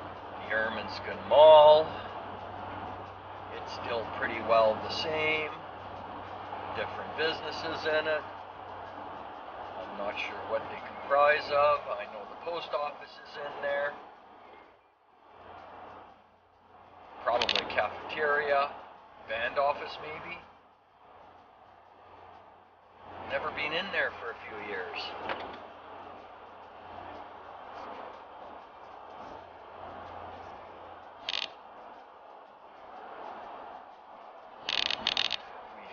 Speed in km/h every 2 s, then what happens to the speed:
79, 80, 80, 79, 78, 77, 75, 75, 75, 75, 75, 75, 75, 74, 73, 72, 70, 68.
0-25 steady at about 75. 25-36 slows to 68.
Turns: none.